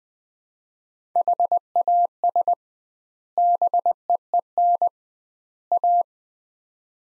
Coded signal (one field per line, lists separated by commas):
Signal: Morse code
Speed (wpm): 20 wpm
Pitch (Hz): 700 Hz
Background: none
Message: HAS BEEN A